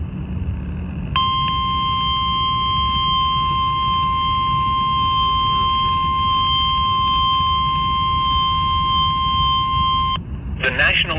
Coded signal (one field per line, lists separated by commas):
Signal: Emergency Alert System (SAME) tones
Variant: 1050 Hz attention tone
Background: speech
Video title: Severe Thunderstorm Watch (EAS #80)